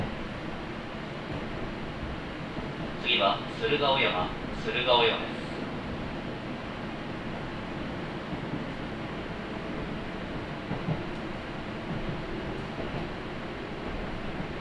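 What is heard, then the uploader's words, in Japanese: A ride on the Gotemba Line from Yamakita to Gotemba, carried by a steady, dense low rumble of the train that barely changes. Between about three and five seconds a brief voice rises over the noise, and faint clicks surface around eleven and thirteen seconds. 御殿場線 山北→御殿場。やってくるのは2両とか3両の短い編成です。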